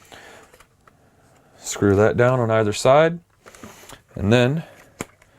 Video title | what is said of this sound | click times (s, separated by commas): How to Assemble the KASK Super Plasma Helmet | will lock into place there's a slight nipple sticking out here | 5.0 s